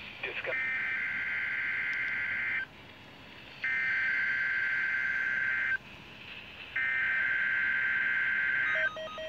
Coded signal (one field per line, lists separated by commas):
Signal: Emergency Alert System (SAME) tones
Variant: header bursts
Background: speech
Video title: Required Weekly Test On Midland WR300 [EAS #265]